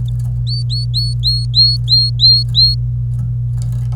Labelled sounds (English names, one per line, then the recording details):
Domestic Canary song
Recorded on 26 April 2018 at 12:32
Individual llb3